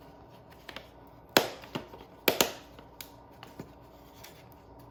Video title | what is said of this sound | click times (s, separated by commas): Boss Battle Token Tray Assembly Instructions | So once that snaps into place, | 1.4 s, 2.3 s